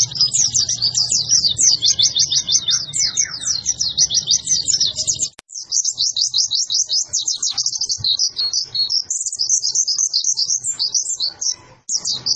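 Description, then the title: White-eye singing a fast, unbroken stream of high chattering and zigzag notes, briefly cut near the middle, with low rumbling in the first half. Training recording (masteran) for caged white-eyes, with an actively singing bird (gacor). "Pleci Gacor. Masteran Burung PLECI"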